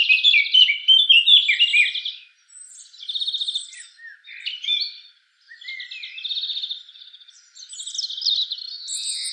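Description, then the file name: Eurasian blackcap warbling song: fast chattering phrases and buzzy trills, with quieter gaps between louder bursts and a higher, clearer ending. "Sylvia atricapilla"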